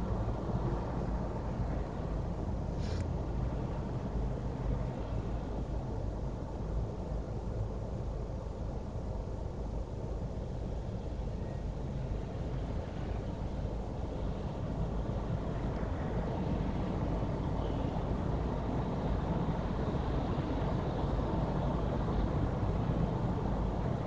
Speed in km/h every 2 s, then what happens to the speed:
0, 0, 0, 0, 0, 0, 0, 0, 0, 0, 0, 0.
0-24 standing.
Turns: none.